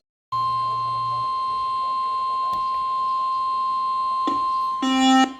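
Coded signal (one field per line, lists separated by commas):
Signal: Emergency Alert System (SAME) tones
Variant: 1050 Hz attention tone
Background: speech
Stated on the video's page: Compilation of EAS alerts including captures from FM broadcast stations.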